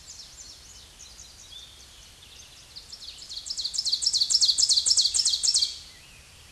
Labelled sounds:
Ovenbird (Seiurus aurocapilla) song
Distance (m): 5 m
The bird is about level with the microphone
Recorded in a Pennsylvania forest on 16 May 2024 at 07:22
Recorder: AudioMoth, point MSD-2376
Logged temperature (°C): 16.7 °C
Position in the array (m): 149 m, -6 m

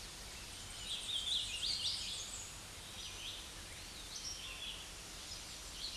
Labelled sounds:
Hooded Warbler (Setophaga citrina) song
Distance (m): 100 m
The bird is about 20 m above the microphone
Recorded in a Pennsylvania forest on 16 May 2024 at 06:56
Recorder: AudioMoth, point MSD-2107
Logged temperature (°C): 16.1 °C
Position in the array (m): -44 m, 175 m

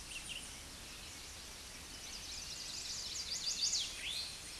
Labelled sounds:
Eastern Towhee (Pipilo erythrophthalmus) song
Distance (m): 20 m
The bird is about 5 m above the microphone
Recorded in a Pennsylvania forest on 16 May 2024 at 09:34
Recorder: AudioMoth, point MSD-0079
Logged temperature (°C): 16.1 °C
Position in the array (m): 166 m, 66 m

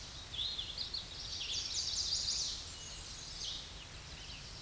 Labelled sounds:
Chestnut-sided Warbler (Setophaga pensylvanica) song
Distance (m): 45 m
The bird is about 10 m above the microphone
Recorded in a Pennsylvania forest on 16 May 2024 at 07:52
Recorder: AudioMoth, point MSD-2320
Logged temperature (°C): 12.8 °C
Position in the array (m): 170 m, 175 m

